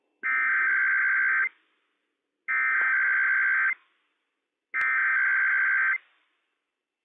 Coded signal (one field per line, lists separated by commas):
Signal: Emergency Alert System (SAME) tones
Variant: header bursts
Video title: IPAWS Required Weekly Test - WWF56 - EAS #137 - 11:01 AM PDT 7/19/21